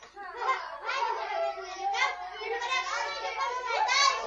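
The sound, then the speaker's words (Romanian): A noisy crowd of children shouting and chattering at play in the street, high excited voices overlapping continuously with rising and falling squeals, no single voice standing out. “Hai, ce gălăgie! Ia să-l scâns copilul aici pe stradă să se joace.”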